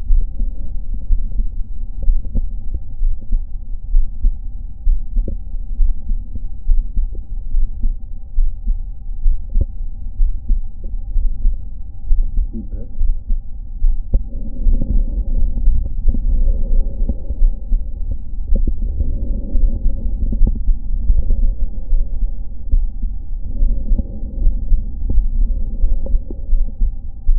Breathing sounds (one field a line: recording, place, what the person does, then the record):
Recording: lung sounds by stethoscope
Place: right anterior apical chest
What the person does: quiet breathing, then deep breathing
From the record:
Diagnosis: none (healthy)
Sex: male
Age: 30 years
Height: 190 cm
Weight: 88 kg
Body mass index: 24.4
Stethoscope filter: diaphragm mode